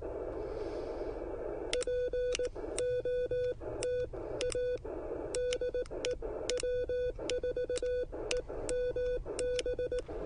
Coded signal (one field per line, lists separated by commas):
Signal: Morse code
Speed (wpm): 18 wpm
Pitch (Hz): 500 Hz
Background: none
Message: POTA DE W4EMB